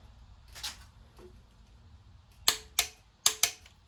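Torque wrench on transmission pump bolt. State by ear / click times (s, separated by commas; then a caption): torque reached / 3.3 s. A torque wrench set to 24 lb tightens a pump bolt on a 4L60E transmission in a cross pattern until the wrench clicks. After faint rustles near 0.6 and 1.2 seconds over a low hum, four sharp metallic clicks ring out at about 2.5, 2.8, 3.3 and 3.4 seconds. The one at 3.3 seconds marks the wrench clicking at its torque setting.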